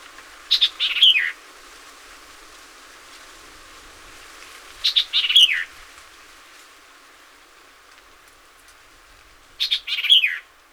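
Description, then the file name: White-eyed Vireo song repeated three times, each a fast burst of sharp chips and slurred notes, roughly every four to five seconds. Recorded 26 April 2019; seventeen songs. "2019-04-26 White-eyed Vireo 17 Songs"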